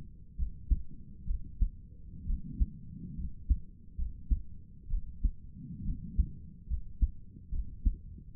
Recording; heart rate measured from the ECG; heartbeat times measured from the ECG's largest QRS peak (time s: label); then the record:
heart sounds by stethoscope; 67 bpm
0.37 s: heartbeat
1.26 s: heartbeat
2.26 s: heartbeat
3.17 s: heartbeat
3.97 s: heartbeat
4.89 s: heartbeat
5.84 s: heartbeat
6.69 s: heartbeat
7.51 s: heartbeat
From the record:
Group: healthy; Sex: female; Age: 22 years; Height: 163 cm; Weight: 67.1 kg